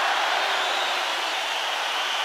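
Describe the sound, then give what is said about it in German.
A steady wash of applause, dense overlapping clapping that holds at an even, fairly loud level for a couple of seconds with no voices over it. “Applaus, Applaus, Backhaus!”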